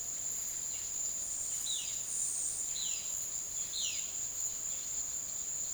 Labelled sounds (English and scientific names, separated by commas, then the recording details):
Violaceous Jay (Cyanocorax violaceus)
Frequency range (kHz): Violaceous Jay (Cyanocorax violaceus) 1.6-6.1 kHz
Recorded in secondary vegetation near Puerto Asís, Putumayo, Colombia, on 12 March 2025 at 15:00
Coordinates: 0.489, -76.322
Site G042